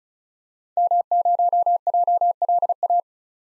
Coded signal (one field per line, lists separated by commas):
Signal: Morse code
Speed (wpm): 36 wpm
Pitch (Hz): 700 Hz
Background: none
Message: M0JLA